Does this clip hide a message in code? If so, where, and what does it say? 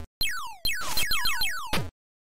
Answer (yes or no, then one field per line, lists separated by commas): no